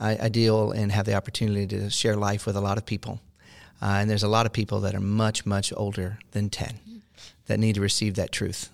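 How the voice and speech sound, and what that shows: A single adult man, a pastor hosting a radio show, speaks in a low, steady voice at an easy conversational pace. There is one short pause mid-sentence and an everyday word repeat at the start. His articulation is clear and his voice is smooth: ordinary fluent speech.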